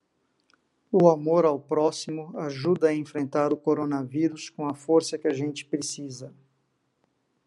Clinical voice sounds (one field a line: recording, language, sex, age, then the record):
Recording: spoken sentence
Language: Brazilian Portuguese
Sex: male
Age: 50 to 59 years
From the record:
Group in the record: control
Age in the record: 50 years